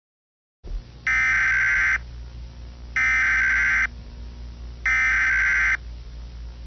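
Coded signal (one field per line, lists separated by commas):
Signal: Emergency Alert System (SAME) tones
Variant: header bursts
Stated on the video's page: Fictional EAS scenario, simulated.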